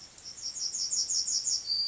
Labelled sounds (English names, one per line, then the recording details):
Yellowhammer song
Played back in grassland
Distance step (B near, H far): C
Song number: 046